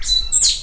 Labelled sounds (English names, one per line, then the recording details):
Stitchbird song
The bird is a male
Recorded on Tiritiri Matangi Island, New Zealand, in 2005
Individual 20, of nest box 28